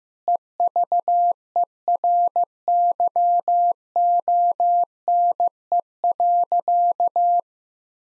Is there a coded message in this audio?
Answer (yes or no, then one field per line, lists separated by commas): yes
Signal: Morse code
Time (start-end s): 0.3-7.4 s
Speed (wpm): 15 wpm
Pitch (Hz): 700 Hz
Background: none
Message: EVERYONE.